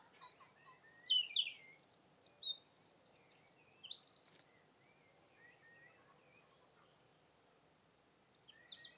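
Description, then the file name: Eurasian wren song with an energetic, high-pitched stream of trills and buzzy rattles for about four seconds, silence, then the next phrase starts. "Troglodytes troglodytes"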